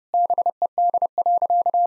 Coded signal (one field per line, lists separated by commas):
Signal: Morse code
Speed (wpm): 32 wpm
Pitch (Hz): 700 Hz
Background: none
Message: BED.